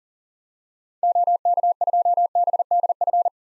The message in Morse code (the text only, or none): OK2BDF